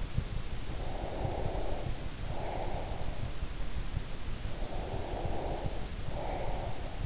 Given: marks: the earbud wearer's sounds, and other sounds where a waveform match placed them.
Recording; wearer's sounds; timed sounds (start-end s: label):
sounds in sleep by an in-ear microphone; breath
0.63-3.28 s: breath
4.46-7.06 s: breath